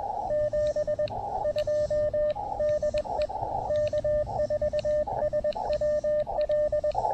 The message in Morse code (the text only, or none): 72 DE K4SWL